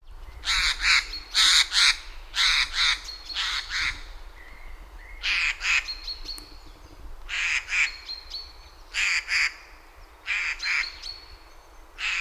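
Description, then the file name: Eurasian jay giving harsh, rasping screeches, mostly in pairs of bursts, repeated throughout. "Garrulus glandarius"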